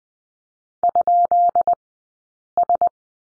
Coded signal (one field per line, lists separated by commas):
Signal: Morse code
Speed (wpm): 20 wpm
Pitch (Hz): 700 Hz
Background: none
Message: ?S